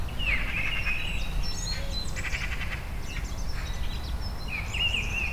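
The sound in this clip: Birds calling, a bright whistled note opening and closing the stretch with quick chirps and twitters between, set against constant low-pitched background rumble.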